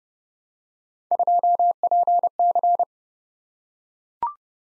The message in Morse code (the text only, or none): 2PC